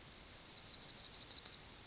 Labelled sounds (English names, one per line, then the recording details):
Yellowhammer song
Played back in grassland
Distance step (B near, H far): B
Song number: 030